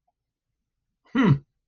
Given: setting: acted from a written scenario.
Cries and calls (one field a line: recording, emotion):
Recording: vocal sound without words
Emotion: positive surprise